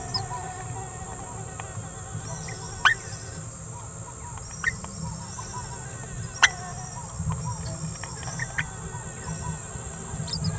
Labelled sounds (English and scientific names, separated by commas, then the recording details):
Green-rumped Parrotlet (Forpus passerinus) babbling
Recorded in a nest box in Venezuela
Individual 18B17A4